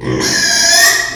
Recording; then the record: squeal of a Yucatan mini pig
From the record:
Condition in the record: before surgery on the right vocal fold (resection and tissue-engineered implant); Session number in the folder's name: 2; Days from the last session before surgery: 0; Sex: male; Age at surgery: 12 weeks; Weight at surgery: 13 kg